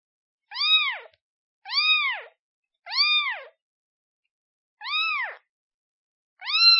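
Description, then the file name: Cat: kitten's high mews, five arched calls at uneven intervals, clean background. Kitten calling for its mother. "Tieng meo con keu tim me"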